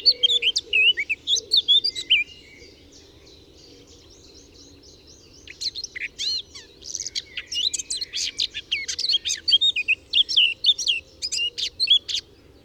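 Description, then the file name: Eurasian blackcap warbling in quick, varied high notes, falling silent for several seconds, then resuming with a long, chattering run of scratchy and clear notes. "Sylvia atricapilla"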